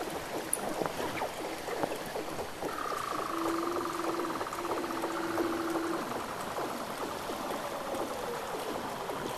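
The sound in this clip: Weddell seal calls underwater: a long whistled tone sliding slowly downward, overlapped for a while by a lower steady note, with crackle behind.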